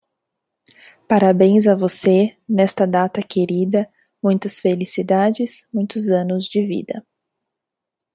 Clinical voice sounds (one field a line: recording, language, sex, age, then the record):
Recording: short text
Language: Brazilian Portuguese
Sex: female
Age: 30 to 39 years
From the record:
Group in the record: control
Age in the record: 31 years